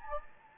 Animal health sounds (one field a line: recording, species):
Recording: mosquito wingbeat signal from an infrared sensor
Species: Anopheles gambiae